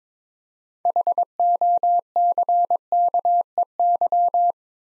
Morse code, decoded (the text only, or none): HOCKEY